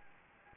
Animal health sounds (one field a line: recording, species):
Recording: mosquito wingbeat signal from an infrared sensor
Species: Anopheles gambiae